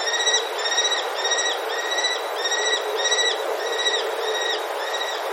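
Common kestrel uttering clear, sharp, slightly falling notes in quick pairs and short runs throughout, with a constant hiss behind.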